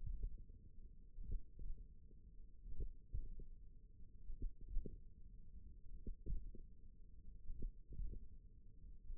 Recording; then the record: forearm muscle sounds (acoustic myography)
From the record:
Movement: tripod grip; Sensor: system 1, eight BSWA MPA416 microphones around the upper forearm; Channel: 1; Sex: female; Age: 21 years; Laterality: right